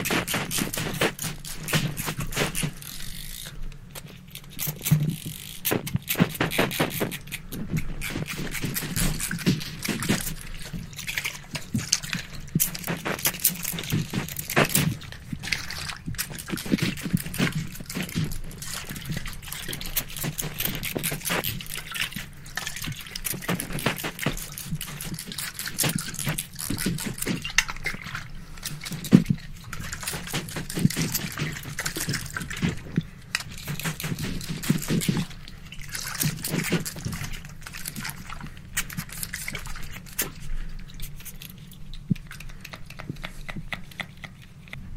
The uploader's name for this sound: Ultra Fast RAW Barbershop SPRAY Bottle Sounds